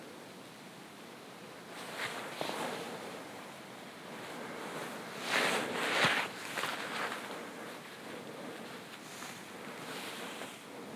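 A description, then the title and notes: Footsteps crunch through fresh snow, loudest in a pair of crisp steps around the middle and softer, uneven ones early and late. A low, steady outdoor hiss fills the quiet between them, with nothing else standing out. Morning Hike in a Winter Wonderland (Bowman Lake Trail). Listen to the crisp sounds of fresh snow on a morning hike around the frozen lake.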